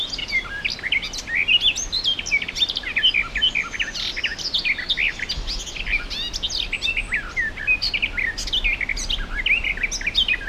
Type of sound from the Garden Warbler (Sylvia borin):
song